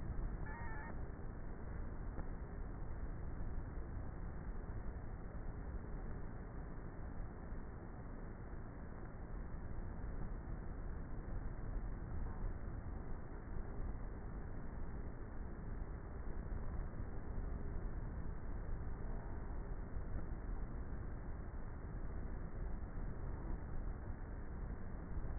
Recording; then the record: honeybee colony, microphone inside the hive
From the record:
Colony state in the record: queenless with a low population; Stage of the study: before two queens were removed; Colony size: about 30,000 bees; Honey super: no